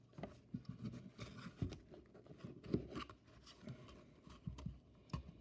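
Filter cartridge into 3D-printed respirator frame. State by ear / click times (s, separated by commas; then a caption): not seated / none. A filter cut from a HEPA filter is handled and worked into a 3D-printed plastic respirator frame, with soft scraping and rustling broken by short sharp taps around 0.2, 1.7, 2.8 and 5.1 seconds. Nothing has seated or clicked into place yet.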